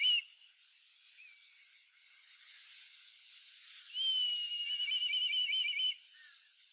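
Black kite: faint whistles at first, then one loud, two-second wavering, trilling whistled call near the end.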